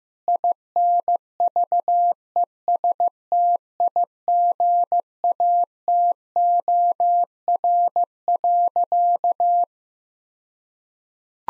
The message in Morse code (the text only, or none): INVESTIGATOR.